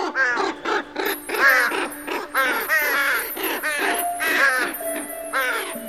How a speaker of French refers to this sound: Cette nuit-là, paraît-il, tous les corbeaux et les crapauds du monde ont entamé sans se concerter une bien étrange chanson.